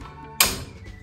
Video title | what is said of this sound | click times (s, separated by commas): ZeBoZap - Snap On TV Mount - Gazebo TV Mount - Outdoor TV Mount for Gazebo, Patios, Post And Trees. | You hear the click. Click means it's locked into place. | 0.4 s